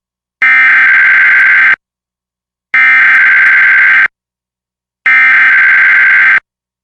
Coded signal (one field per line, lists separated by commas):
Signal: Emergency Alert System (SAME) tones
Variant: header bursts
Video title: EAS #749: EAS Required Monthly Test- Mar. 7, 2023- 10:14AM PST